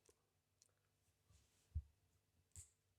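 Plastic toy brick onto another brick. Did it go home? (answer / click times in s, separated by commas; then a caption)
yes / 2.6 s. Two plastic LEGO pieces, one of them white, are pressed together, one toy brick onto another. After a few faint clicks and soft handling, they snap together with a crisp click at 2.6 s, and the pieces are seated in a very satisfying snap.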